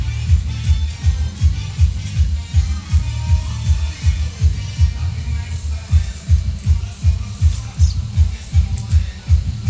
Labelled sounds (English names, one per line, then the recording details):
none
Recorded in pastures near Puerto Asís, Putumayo, Colombia, on 22 December 2024 at 09:30
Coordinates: 0.497, -76.327
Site G088